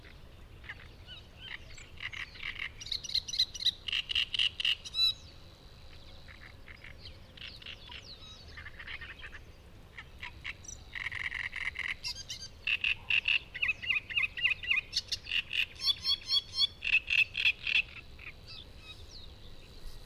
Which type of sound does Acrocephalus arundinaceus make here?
song